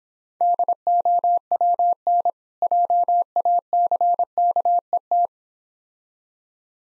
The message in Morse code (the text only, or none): DOWN JACKET